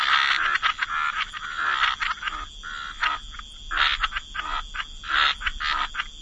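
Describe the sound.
Frog chorus starting dense, then thinning into rapid clicking croaks and scattered louder rasping bursts, a faint high steady tone running throughout.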